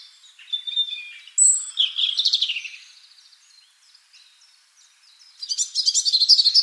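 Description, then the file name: European robin song of high, tinkling notes and a fast rattling trill, then a quiet gap before another rapid, glittering burst. "Erithacus rubecula"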